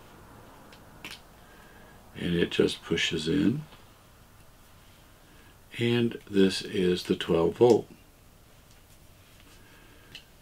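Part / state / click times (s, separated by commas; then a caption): crimped pin into multi-pin connector housing / seated / 9.4 s, 10.1 s. Crimped wire pins, including the 12 volt pin, are pushed by hand into the plastic multi-pin connector housing of a pixel light string while someone talks. Faint clicks follow at about 9.4 and 10.2 seconds, as the pins seat fully in the housing.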